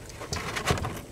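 The plastic electrical connector of a front wheel speed sensor on a RAM 1500 is pushed onto its mating harness plug. Short clicks are heard at about 0.3 s and 0.9 s, and the connector is seated.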